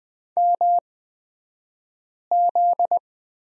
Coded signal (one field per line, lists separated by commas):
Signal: Morse code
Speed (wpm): 20 wpm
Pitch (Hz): 700 Hz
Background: none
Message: MZ